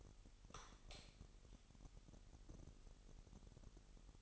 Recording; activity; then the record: daily activity, microphone in the room; light on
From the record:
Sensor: 4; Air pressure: 989.1 hPa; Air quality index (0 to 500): 214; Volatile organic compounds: 64 ppm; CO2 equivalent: 3461 ppm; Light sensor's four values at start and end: 25/81/31/31 and 28/93/35/36